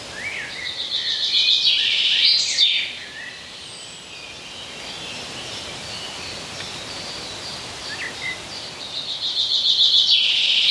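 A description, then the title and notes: In the woods, birds chirp and trill over a steady low hiss of outdoor noise. The busiest calling comes in the first three seconds and again near the end, with a quieter, sparser stretch in between. IN THE WOODS.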